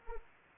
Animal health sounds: mosquito wingbeat signal from an infrared sensor; Anopheles arabiensis

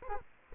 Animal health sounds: mosquito wingbeat signal from an infrared sensor; Aedes aegypti

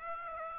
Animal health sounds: mosquito wingbeat signal from an infrared sensor; Aedes aegypti

